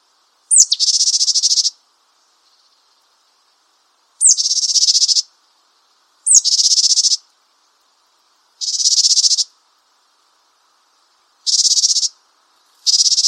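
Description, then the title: Japanese tit repeating coarse buzzy calls every few seconds, several starting with a brief high thin note; background silent. "suara burung gelatik batu jepang"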